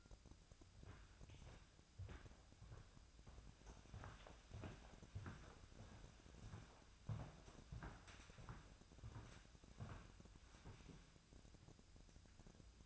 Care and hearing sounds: daily activity, microphone in the room; walk to room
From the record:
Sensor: 2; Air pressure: 999.8 hPa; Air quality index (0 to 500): 123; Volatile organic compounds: 2 ppm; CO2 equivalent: 1061 ppm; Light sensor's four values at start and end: 29/69/30/34 and 27/64/28/32

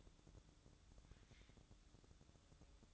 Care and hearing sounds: daily activity, microphone in the room; take from stove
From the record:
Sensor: 3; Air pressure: 1008.1 hPa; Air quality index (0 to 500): 131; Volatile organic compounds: 2 ppm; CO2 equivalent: 1081 ppm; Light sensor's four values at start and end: 8/20/8/7 and 8/19/8/7

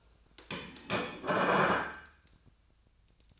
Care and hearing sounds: daily activity, microphone in the room; place plate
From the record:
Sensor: 2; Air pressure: 1009.3 hPa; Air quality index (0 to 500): 188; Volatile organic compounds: 12 ppm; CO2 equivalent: 2336 ppm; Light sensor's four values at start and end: 21/51/22/24 and 21/51/22/24

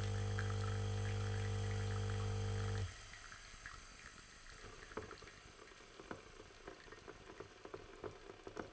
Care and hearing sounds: daily activity, microphone in the room; make coffee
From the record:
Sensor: 4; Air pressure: 1015.5 hPa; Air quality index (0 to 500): 190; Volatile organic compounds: 9 ppm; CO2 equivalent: 2126 ppm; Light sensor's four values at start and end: 5/10/4/3 and 5/10/4/3

